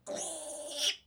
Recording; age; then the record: pig call; piglet (1 to 25 days)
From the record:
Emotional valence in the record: negative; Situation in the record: restrain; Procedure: back test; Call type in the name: high-frequency call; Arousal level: low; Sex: female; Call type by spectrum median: high-frequency call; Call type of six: mixed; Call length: 1.07 s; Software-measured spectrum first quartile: 2333 Hz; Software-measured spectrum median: 3854 Hz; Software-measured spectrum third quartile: 6924 Hz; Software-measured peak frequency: 595 Hz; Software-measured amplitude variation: 140 dB a second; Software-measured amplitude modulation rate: 17.2 a second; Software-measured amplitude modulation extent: 8.1 dB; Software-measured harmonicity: 3.3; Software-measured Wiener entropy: -2.50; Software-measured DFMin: 820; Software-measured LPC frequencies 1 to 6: 618, 1954, 2996, 3348, 5724, 6634 Hz